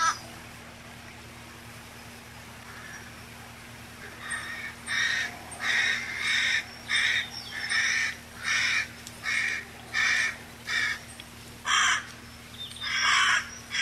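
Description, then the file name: Carrion crow starting after a quiet few seconds, then a long series of hoarse caws over a soft background hiss. 10 July 1992. "10 07 92 Ccorone"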